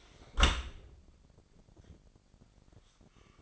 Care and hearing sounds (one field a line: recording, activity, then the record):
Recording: daily activity, microphone in the room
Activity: close dishwasher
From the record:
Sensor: 5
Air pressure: 1012.4 hPa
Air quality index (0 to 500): 163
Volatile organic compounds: 2 ppm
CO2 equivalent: 1105 ppm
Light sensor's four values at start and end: 127/306/130/144 and 127/303/129/144